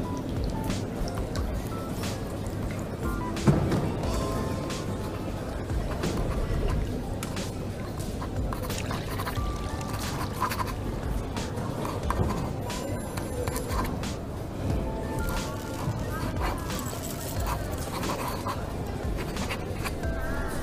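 Coffee shop ambience with a steady, dense murmur of voices and low rumble throughout. Short clinks and clatters of cups and dishes pop up often, with a sharper knock around three seconds and brief higher tones scattered through the middle.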